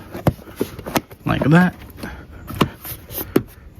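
An interior plastic trim panel near the screen on a Tesla Model 3 or Model Y dashboard is pushed back on after routing the wire for a physical-buttons docking station 3.0, so the wire doesn't interfere with its clips. The plastic clips snap into place with a sharp click at 0.3 s, followed by further short taps at about 1.0, 2.6 and 3.4 s while someone talks. The panel is seated.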